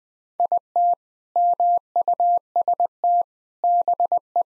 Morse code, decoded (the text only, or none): IT MUST BE